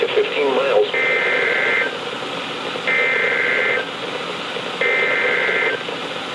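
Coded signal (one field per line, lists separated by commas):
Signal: Emergency Alert System (SAME) tones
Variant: header bursts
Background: speech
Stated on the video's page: NOAA weather radio alerts from transmitters on 162.450 and 162.475 MHz, received on Sangean CL100, Reecom R1650 and Midland WR120EZ radios.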